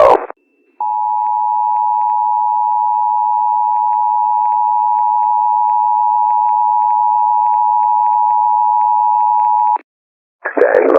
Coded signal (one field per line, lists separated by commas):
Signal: Emergency Alert System (SAME) tones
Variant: 853 and 960 Hz attention tone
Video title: Pity Party - My Submission to the 2023 Fall Brawl Competition - An EAS scenario